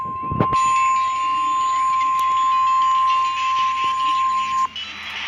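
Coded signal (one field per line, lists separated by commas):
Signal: Emergency Alert System (SAME) tones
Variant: 1050 Hz attention tone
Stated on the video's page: Fictional tornado alert interrupting a show.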